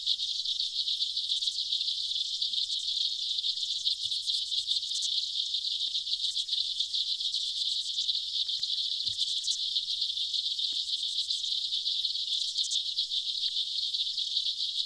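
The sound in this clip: Aquatic insects in a dense, continuous high buzzing hiss, finely pulsed and steady in level, with a few brighter bursts.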